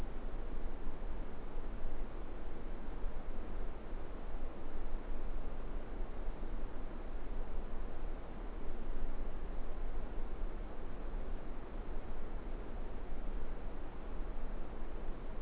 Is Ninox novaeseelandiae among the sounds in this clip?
no